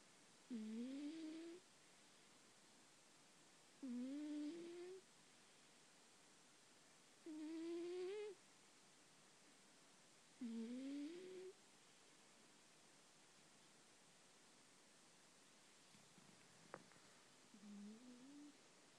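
Five rising, whistling snores, each about one second long, repeat at roughly 18 per minute, one with each breath, with a longer pause before the last, quieter one. This is a domestic cat snoring, with a quiet room behind it.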